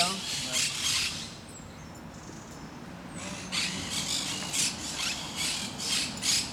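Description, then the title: Parakeets calling in raspy squawks, with a short lull early on before the quick, repeated harsh calls resume and continue. Several parakeets at Parc de Forest, Saint-Gilles, Belgium; recorded with a Sony PCM-D100 using internal microphones in the wide position. "Parc de Forest, 1060 Saint-Gilles, Belgique - Parakeets - Perruches"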